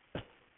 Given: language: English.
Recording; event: throat vibration sensor signal played as sound; cough